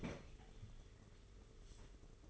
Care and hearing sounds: daily activity, microphone in the room; open fridge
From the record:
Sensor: 4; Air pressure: 991.8 hPa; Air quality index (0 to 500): 104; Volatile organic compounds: 14 ppm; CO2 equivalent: 2466 ppm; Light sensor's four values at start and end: 20/66/24/24 and 19/64/24/24

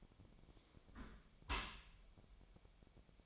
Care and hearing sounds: daily activity, microphone in the room; close dishwasher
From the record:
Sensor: 1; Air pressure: 1006.9 hPa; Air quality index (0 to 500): 206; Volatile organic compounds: 23 ppm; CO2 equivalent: 2782 ppm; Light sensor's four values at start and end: 12/31/12/14 and 12/32/12/14

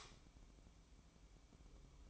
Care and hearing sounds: daily activity, microphone in the room; light off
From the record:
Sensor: 1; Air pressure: 1007.9 hPa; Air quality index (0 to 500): 119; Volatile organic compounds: 2 ppm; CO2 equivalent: 1005 ppm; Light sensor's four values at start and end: 16/44/17/19 and 12/28/11/13

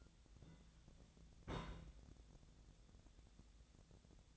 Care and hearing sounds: daily activity, microphone in the room; place on stove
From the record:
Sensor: 3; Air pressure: 1010.0 hPa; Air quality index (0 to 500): 185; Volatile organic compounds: 13 ppm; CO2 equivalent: 2416 ppm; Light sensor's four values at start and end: 42/104/45/48 and 42/104/44/48

